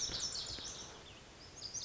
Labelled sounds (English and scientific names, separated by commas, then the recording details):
Lazuli Bunting (Passerina amoena)
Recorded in Sonoma County, California